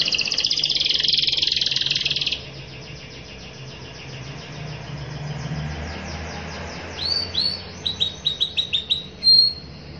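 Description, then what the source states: Canary song opening with a loud dense buzzy roll for two seconds, then quiet, then a burst of quick high chirps and a short whistle. Long, continuous singing in the 'cengkok' style of varied phrasing, described as fancy and 'gacor', meaning singing vigorously.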